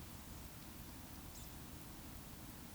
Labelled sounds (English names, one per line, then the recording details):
Eurasian Woodcock whistle
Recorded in Baden-Württemberg, Germany, on 19 June 2020 at 20:02 UTC
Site 44397, 226 m above sea level